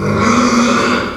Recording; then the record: squeal of a Yucatan mini pig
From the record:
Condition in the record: after surgery on the right vocal fold (resection and tissue-engineered implant); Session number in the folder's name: 16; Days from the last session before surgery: 183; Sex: female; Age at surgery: 19 weeks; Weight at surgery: 25 kg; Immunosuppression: prednisolone